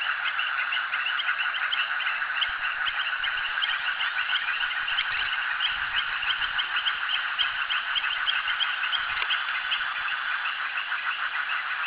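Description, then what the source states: Dense frog chorus of overlapping rapid clicking calls, with occasional soft low knocks underneath. Frogs calling at a jetty.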